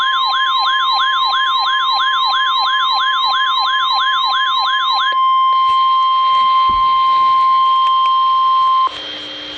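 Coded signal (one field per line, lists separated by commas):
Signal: Emergency Alert System (SAME) tones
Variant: 1050 Hz attention tone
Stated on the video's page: Two special marine warnings recorded from RadioShack 12-993, Midland WR-100 and RadioShack 12-382 weather radios.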